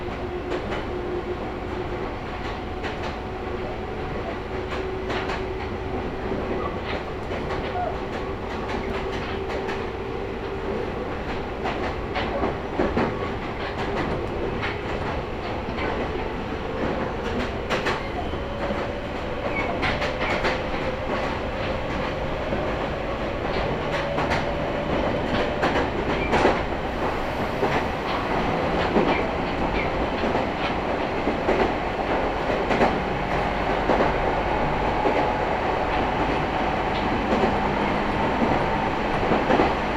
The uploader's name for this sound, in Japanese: 名鉄西尾線 普通 米津→吉良吉田